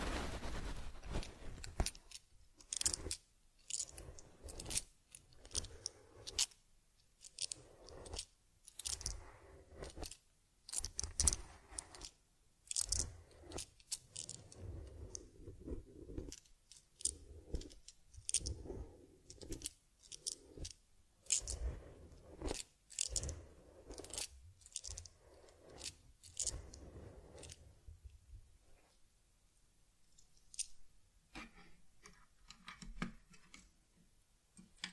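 Handling sounds of caring for a teddy bear: quick, crisp brushing and combing strokes with light taps and rustles, coming in dense bursts every half second or so. The strokes thin out after about 28 seconds into sparser, softer scratches and small clicks.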